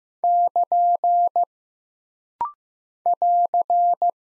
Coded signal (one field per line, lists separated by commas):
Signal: Morse code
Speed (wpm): 15 wpm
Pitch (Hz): 700 Hz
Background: none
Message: <KN> <AR>